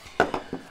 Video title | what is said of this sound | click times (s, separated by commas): Click Ergo Cartridge Grip - 101 Everything you need to know. | this is the reason why you can actually replace yourself it's this simple pop it in the air clicks in place and that's it now | 0.2 s